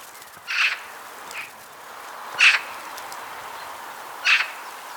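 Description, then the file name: Eurasian magpie calls: coarse, grating single notes repeated roughly every one to two seconds, four in all, over low background hiss. "Pica pica"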